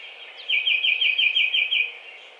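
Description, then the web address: Tufted titmouse song: a single fast series of several bright whistled notes, against faint background hiss. Recorded on 7 April 2009. "Tufted Titmouse 2009 04 07"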